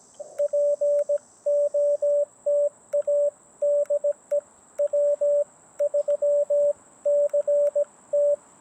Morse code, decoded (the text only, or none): POTA DE W3CT